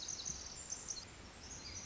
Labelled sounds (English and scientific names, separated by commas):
Pacific Wren (Troglodytes pacificus)